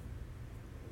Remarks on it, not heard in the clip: That's my stomach growling. You're probably going to hear it intermittently. Put off his dinner.